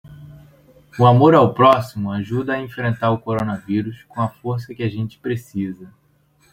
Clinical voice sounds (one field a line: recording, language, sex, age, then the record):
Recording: spoken sentence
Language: Brazilian Portuguese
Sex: male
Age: 30 to 39 years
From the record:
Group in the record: control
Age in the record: 30 years